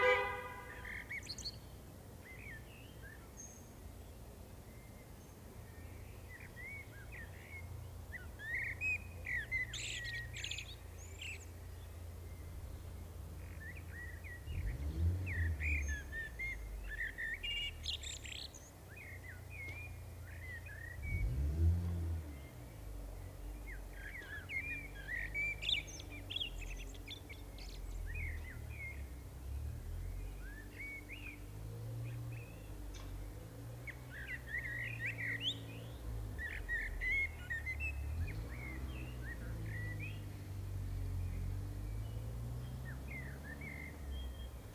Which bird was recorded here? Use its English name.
Common Blackbird